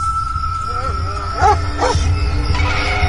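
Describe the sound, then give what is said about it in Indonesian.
A stray dog, tail wagging, circling back and forth, curling up and standing again, lets out a couple of short, sharp yips and barks, mixed with thin, high whimpering whines that rise and fall, over a steady low background hum. “Dia seperti bolak-balik berputar-putar dan meringkuk lalu berdiri lagi sambil sesekali menggonggong dan mengeluarkan suara-suara aneh.”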